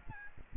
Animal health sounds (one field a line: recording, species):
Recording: mosquito wingbeat signal from an infrared sensor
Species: Aedes aegypti